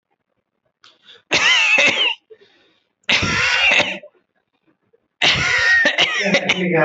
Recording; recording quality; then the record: heavy voluntary cough; moderate, slight background noise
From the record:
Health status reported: healthy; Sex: male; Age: 26 years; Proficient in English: yes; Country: India